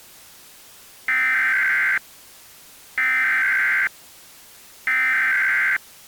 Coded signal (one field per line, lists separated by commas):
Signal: Emergency Alert System (SAME) tones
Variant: header bursts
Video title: Lost! (EAS Scenario)